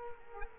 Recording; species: mosquito wingbeat signal from an infrared sensor; Culex quinquefasciatus